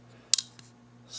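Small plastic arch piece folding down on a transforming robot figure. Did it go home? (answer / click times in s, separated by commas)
no / none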